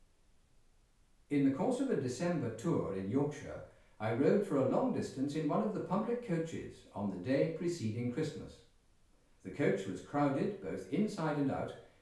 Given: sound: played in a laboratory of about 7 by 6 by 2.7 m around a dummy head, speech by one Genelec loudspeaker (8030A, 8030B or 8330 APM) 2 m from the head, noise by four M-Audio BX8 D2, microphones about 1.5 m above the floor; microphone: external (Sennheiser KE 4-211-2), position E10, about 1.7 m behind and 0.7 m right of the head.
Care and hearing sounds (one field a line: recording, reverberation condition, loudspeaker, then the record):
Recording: male speech in English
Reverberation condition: medium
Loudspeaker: 120 degrees to the left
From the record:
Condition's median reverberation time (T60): about 510 ms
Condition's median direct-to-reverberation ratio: about -0.5 dB